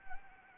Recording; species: mosquito wingbeat signal from an infrared sensor; Anopheles arabiensis